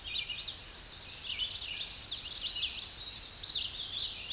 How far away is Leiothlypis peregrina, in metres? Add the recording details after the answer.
about 15 m. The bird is about 5 m above the microphone. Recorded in a Pennsylvania forest on 16 May 2024 at 08:12. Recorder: AudioMoth, point MSD-1293. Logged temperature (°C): 12.0 °C. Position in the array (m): 69 m, 161 m